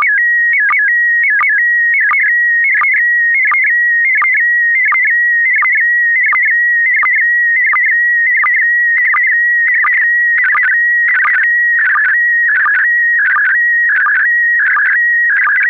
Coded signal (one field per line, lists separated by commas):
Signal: SSTV (slow-scan television)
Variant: PD 90